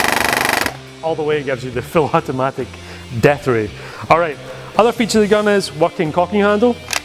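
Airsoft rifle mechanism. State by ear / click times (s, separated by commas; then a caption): not seated / none. A TM AUG High Cycle airsoft bullpup rifle opens with a rapid, loud train of sharp bursts for the first 0.7 seconds, then someone talks about its working cocking handle, which is meant to be pulled back until it locks open and exposes the hop-up unit. The clip ends before that happens: the cocking handle has not yet locked back and nothing has clicked into place.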